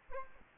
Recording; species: mosquito wingbeat signal from an infrared sensor; Aedes aegypti